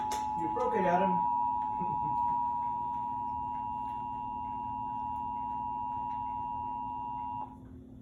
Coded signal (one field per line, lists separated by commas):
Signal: Emergency Alert System (SAME) tones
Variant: 853 and 960 Hz attention tone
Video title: EAS test 8/11/2021